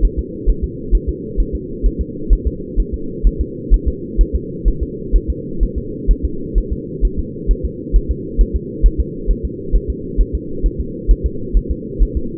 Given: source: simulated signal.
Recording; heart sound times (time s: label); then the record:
fetal heart sounds
0.05 s: S1
0.19 s: S2
0.50 s: S1
0.64 s: S2
0.95 s: S1
1.09 s: S2
1.40 s: S1
1.55 s: S2
1.86 s: S1
2.01 s: S2
2.33 s: S1
2.47 s: S2
2.80 s: S1
2.94 s: S2
3.27 s: S1
3.41 s: S2
3.74 s: S1
3.88 s: S2
4.21 s: S1
4.35 s: S2
4.68 s: S1
4.83 s: S2
5.16 s: S1
5.30 s: S2
5.63 s: S1
5.78 s: S2
6.11 s: S1
6.25 s: S2
6.58 s: S1
6.73 s: S2
7.05 s: S1
7.19 s: S2
7.51 s: S1
7.65 s: S2
7.96 s: S1
8.11 s: S2
8.41 s: S1
8.56 s: S2
8.86 s: S1
9.00 s: S2
9.31 s: S1
9.45 s: S2
9.75 s: S1
9.90 s: S2
10.21 s: S1
10.35 s: S2
10.66 s: S1
10.80 s: S2
11.11 s: S1
11.26 s: S2
11.57 s: S1
11.71 s: S2
12.02 s: S1
12.17 s: S2
From the record:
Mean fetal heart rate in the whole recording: 130 bpm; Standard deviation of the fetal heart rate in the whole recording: 2 bpm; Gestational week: 36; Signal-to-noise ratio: -4.3 dB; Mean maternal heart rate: 72 bpm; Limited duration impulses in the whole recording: absent